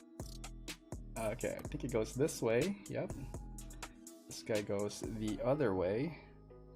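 A plastic model kit arm part is handled and lined up against its mating arm part during a live build, with music playing in the background while someone talks. Several short handling clicks and taps are heard among the talk, but the part has not seated and nothing has snapped yet.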